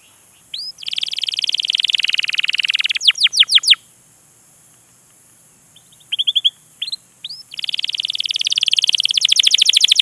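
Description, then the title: Canary song in bursts: dense rolling trills, a short run of sweeping chirps, a pause, then renewed fast trilling, over a faint steady hum. Lure recording played to prompt canaries to sing, a long continuous energetic (gacor) song used as a master tutor. "PANCINGAN Kenari GACOR PANJANG. Pancingan Gacor Masteran"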